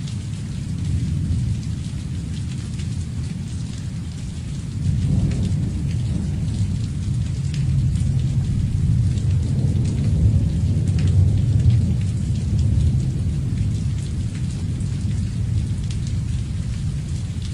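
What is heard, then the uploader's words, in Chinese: Steady rain falls in a dense, even hiss, with low rumbling swelling from about five seconds and lingering, like thunder. 白噪音——听，是下雨的声音（下）。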